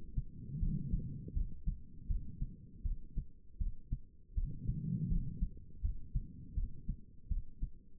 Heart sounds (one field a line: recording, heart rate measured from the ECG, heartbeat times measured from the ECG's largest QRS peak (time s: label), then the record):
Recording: heart sounds by stethoscope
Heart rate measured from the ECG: 81 bpm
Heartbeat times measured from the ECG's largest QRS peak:
0.60 s: heartbeat
1.34 s: heartbeat
2.08 s: heartbeat
2.83 s: heartbeat
3.58 s: heartbeat
4.35 s: heartbeat
5.09 s: heartbeat
5.82 s: heartbeat
6.55 s: heartbeat
7.29 s: heartbeat
From the record:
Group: healthy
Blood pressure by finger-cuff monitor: 105/68 mmHg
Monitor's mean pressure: 83 mmHg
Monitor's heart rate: 80 bpm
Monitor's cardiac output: 5 L/min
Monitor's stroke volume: 62 mL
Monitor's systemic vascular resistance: 1200 dyn s/cm5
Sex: female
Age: 51 years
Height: 162 cm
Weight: 70.04 kg